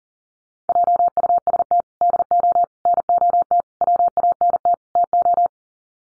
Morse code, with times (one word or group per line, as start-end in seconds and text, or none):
0.7-1.8 JUST
2.0-2.6 DO
2.9-3.6 NOT
3.8-4.7 WANT
5.0-5.5 TO